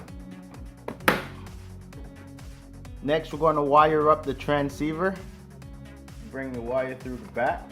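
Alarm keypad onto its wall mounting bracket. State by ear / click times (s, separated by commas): seated / 1.1 s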